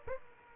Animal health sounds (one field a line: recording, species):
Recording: mosquito wingbeat signal from an infrared sensor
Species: Aedes aegypti